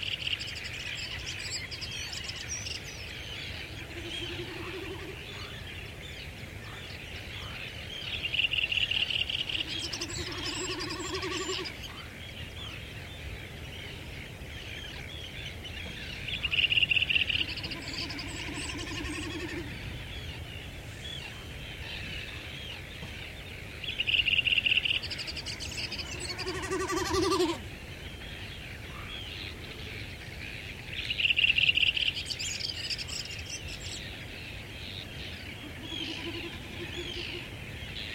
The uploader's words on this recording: West Iceland - Sketches in Spring. Packed a little travel rig so managed to press record on a number of occasions in and around walking, driving and generally exploring the Snaefellsnes peninsula.